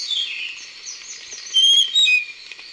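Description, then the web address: Spotted Nightingale-Thrush song: one bright two-part whistled phrase stands out midway over a faint wash of bird chatter. Recorded in Ecuador. "S America Birds of Ecuador. Spotted Nightingale-Thrush"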